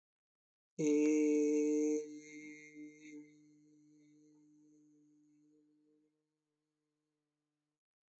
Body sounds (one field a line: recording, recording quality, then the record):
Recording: sustained vowel as in made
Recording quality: excellent, no background noise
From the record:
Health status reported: COVID-19 positive, mild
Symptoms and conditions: cough, cold, sore throat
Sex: male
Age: 22 years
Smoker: not ticked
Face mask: not worn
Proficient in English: yes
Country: India